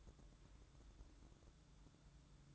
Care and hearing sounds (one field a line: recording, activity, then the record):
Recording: daily activity, microphone in the room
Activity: take from stove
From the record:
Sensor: 3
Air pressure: 1008.1 hPa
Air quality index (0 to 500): 127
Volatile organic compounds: 2 ppm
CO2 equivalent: 1051 ppm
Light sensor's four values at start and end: 9/21/8/8 and 9/21/8/8